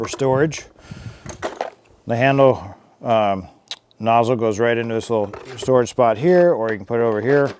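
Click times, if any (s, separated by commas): 1.6 s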